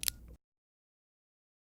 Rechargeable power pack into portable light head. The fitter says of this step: Pushing both pieces together until you hear a small click.